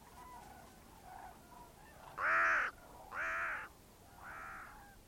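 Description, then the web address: Bird with two loud, harsh caws in quick succession, followed by a softer third, and faint calls in the background before them. "cianscape birddata Deverinetal 2025 Bird Only"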